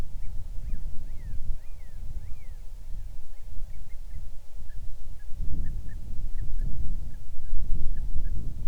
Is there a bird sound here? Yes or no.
yes